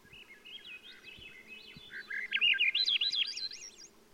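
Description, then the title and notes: Swainson's Thrush song, a breezy whistled phrase climbing in quick spirals, heard over a steady low background hiss. "Swainson's Thrush. Macaulay Library at Cornell Lab of Ornithology"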